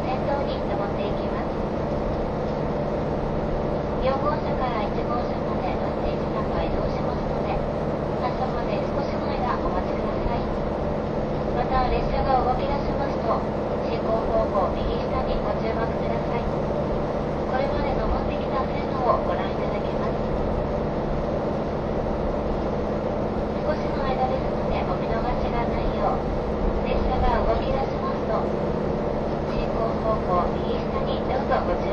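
Aboard the KiHa 183 series "A-Sobo-y!" train running from Kumamoto to Miyaji, a diesel engine drones low and steady for the whole stretch. Passengers' voices chatter on top throughout, and the overall loudness barely changes.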